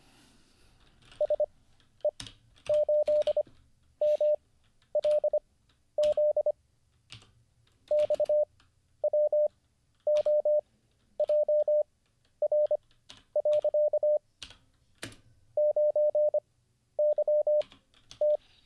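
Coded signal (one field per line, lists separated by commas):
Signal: Morse code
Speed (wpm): 25 wpm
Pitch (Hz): 600 Hz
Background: none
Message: S E 8 M L Z X W O J R . 9 Y T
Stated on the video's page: Morse code learning livestream, day 36.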